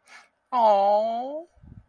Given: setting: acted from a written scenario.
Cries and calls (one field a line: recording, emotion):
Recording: vocal sound without words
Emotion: adoration